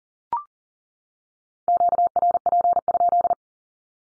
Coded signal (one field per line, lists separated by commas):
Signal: Morse code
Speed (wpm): 38 wpm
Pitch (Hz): 700 Hz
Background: none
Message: QRP?